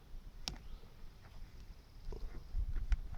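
A plastic fitting's lip is pressed into the seam of a hydroponic Dutch bucket and pops in with a sharp click at 0.5 s, seating it. Fainter ticks and knocks follow, including a louder tap near 2.9 s, over a quiet background.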